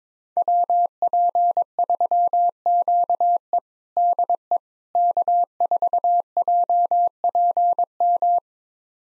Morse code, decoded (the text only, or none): WP3QE DE K4JPM